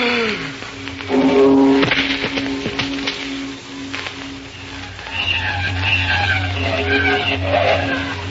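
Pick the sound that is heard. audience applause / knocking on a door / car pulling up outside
car pulling up outside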